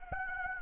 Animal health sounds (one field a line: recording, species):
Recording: mosquito wingbeat signal from an infrared sensor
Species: Anopheles arabiensis